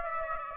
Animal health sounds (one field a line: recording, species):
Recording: mosquito wingbeat signal from an infrared sensor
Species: Aedes aegypti